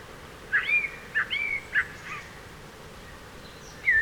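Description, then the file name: Eurasian blackbird with soft, short whistled notes and a brief twitter, followed by a pause and a final louder whistle, over steady low background noise. "Turdus merula"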